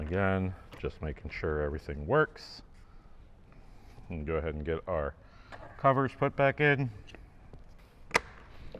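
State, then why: Seated. Someone talks as a plastic trim cover is pressed back into the door panel of a 2016–2023 Toyota Tacoma during a Soundskins Pro Cut sound deadening kit install. A sharp click at 8.2 s marks the cover snapping in and seating.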